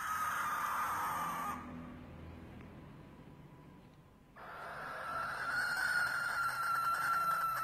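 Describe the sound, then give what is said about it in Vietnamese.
A barn owl's screech, heard from a row of areca palms behind the house as the bird flies back: two long, harsh, hissing, mournful shrieks with a steady raspy tone, separated by a quieter gap of a few seconds. Loud and unaccompanied by any voices. “Ở hàng cau sau nhà, có tiếng con chim lợn, nó bay về.”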